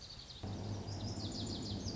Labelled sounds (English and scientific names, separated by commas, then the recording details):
Lazuli Bunting (Passerina amoena)
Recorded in Sonoma County, California